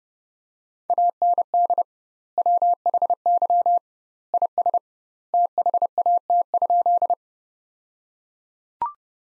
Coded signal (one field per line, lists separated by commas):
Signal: Morse code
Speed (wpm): 32 wpm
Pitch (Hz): 700 Hz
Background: none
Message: AND WHY IS THAT?